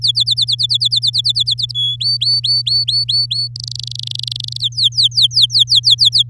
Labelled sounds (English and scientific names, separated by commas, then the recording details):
Domestic Canary (Serinus canaria) song
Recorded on 10 May 2018 at 12:14
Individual llb16